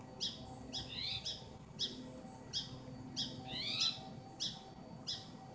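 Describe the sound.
Spotted towhee calling: a series of short, raspy, upslurred notes, a few doubled.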